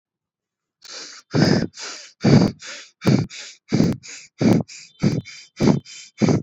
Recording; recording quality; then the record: shallow breathing; excellent, no background noise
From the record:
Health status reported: exposed to COVID-19, no respiratory illness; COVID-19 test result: negative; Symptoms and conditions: fatigue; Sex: female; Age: 29 years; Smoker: not ticked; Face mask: not worn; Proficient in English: yes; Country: India